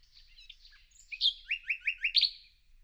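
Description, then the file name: Common nightingale song: soft varied notes building into a run of loud repeated chirps. "Luscinia megarhynchos"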